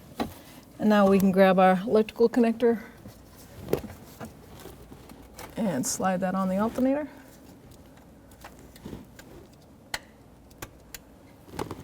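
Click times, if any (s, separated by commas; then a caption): 9.9 s. A plastic wiring harness electrical connector is slid onto the alternator terminal of a 2005-2021 Nissan Frontier 4.0L V6 while someone talks. It latches with a sharp click at 9.9 s, and the connector is seated, followed by a few fainter ticks.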